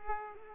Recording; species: mosquito wingbeat signal from an infrared sensor; Culex pipiens